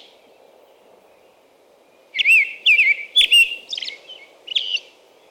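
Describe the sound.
American robin song: a quiet start, then a loud run of whistled phrases from about two seconds.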